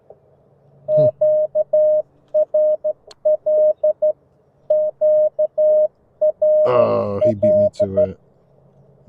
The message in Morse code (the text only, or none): QRL QRL